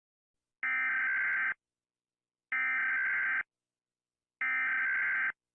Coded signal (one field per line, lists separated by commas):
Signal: Emergency Alert System (SAME) tones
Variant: header bursts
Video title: PowerPlay rates EAS alarms!